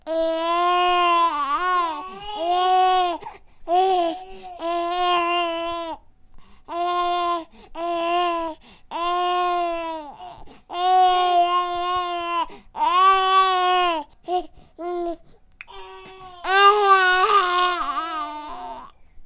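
A newborn baby cries in about a dozen short, high-pitched, tonal bursts, each a second or two long, with brief gasping pauses between them. The wails are strong and clear, in a quiet room.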